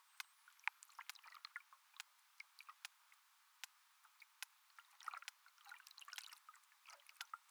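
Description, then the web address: Sperm whale clicking, dense and uneven, sharp ticks coming several per second and bunching into quicker clusters in the second half. Lone sperm whale, hunting, recorded 27 September 2023. "ERMITES. cachalot solo WW 4 CHASSE 2"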